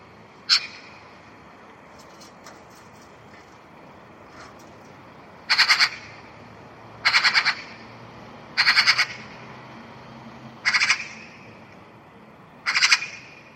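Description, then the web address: Bird making loud, harsh rasping calls, mostly quick stuttering bursts, six in all, the later ones about every two seconds. "cianscape birddata Deverinetal 2025 File origin Bird Only"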